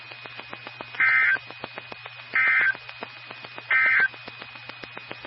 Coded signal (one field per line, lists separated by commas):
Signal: Emergency Alert System (SAME) tones